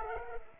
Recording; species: mosquito wingbeat signal from an infrared sensor; Culex pipiens